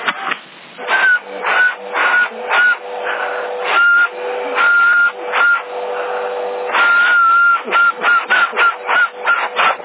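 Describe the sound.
A person whistles short, repeated high notes in an uneven rhythm to call birds, over a pulsing, rough background noise from a fan, sounding like a tractor, that rises and falls throughout.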